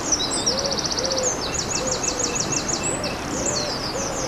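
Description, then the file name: Eurasian wren song, fast high trills and rapid repeated notes pouring out continuously, over steady rushing water with faint lower curved notes beneath. Recorded by a stream on 21 April 2015 with a MZ-N710 recorder. "Troglodyte mignon ruisseau 21 04 15"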